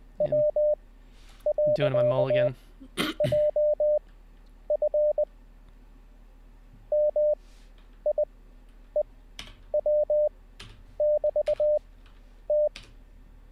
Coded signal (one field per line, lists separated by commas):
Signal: Morse code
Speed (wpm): 20 wpm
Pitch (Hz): 600 Hz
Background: speech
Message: W.JF MIEW<BT>T